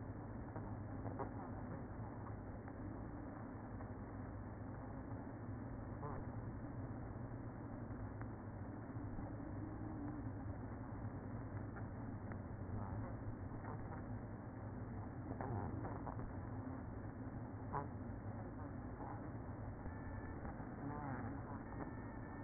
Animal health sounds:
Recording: honeybee colony, microphone inside the hive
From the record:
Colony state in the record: queen present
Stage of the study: after two queens were removed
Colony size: about 60,000 bees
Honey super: yes

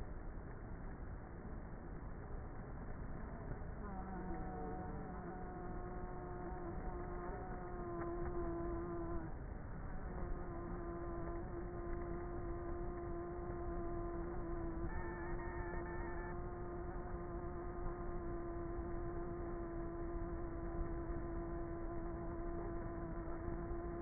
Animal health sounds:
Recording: honeybee colony, microphone inside the hive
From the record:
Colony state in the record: queenless with a low population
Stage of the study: before two queens were removed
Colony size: about 30,000 bees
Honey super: no

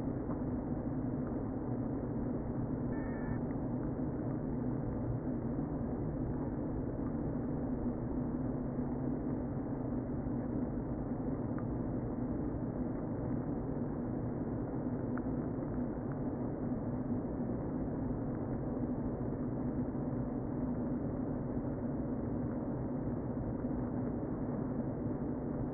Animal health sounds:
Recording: honeybee colony, microphone inside the hive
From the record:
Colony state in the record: queen present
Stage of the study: before two queens were removed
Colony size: about 60,000 bees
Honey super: yes

